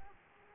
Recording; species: mosquito wingbeat signal from an infrared sensor; Aedes aegypti